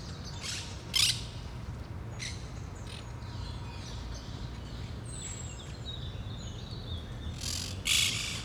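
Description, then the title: Parakeet screeches: a few short, harsh bursts at the start and again near the end, with thin whistled notes in between and a constant low rumble. Parakeets in a park in Saint-Gilles, Belgium; recorded with DPA 4060 microphones in AB position into a Zoom F3. "Parc de Forest, 1060 Saint-Gilles, Belgique - Parakeets - Perruches"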